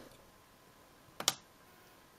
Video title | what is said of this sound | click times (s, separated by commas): Archos 7 Home Tablet taking apart | this needle and then you already hear it pop once you hit the right spot | 1.2 s, 1.3 s